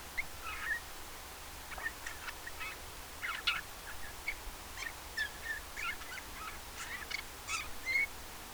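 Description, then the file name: Eurasian bullfinch producing occasional soft whistled notes, including a clearer one near the end, amid many sharp clicks and rustles. "Pyrrhula pyrrhula"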